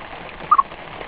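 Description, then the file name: Squirrel call of two brisk, clipped chirps close together, heard over continuous rain-like background noise. "sonido ardilla"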